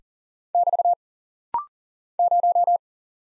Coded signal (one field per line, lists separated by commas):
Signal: Morse code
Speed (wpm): 43 wpm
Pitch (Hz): 700 Hz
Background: none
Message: <BT> 0